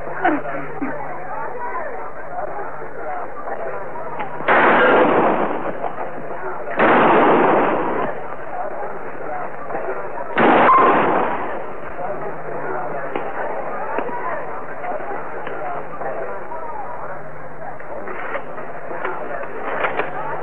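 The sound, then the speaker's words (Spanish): Three loud, sharp gunshots ring out a few seconds apart, each with a short booming tail, over a low murmur of background voices. “Buen disparo, forastero.”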